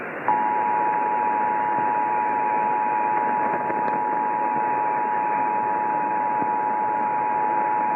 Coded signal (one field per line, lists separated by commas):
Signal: Emergency Alert System (SAME) tones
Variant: 853 and 960 Hz attention tone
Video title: Tennessee Required Monthly Tests (EAS #777-778)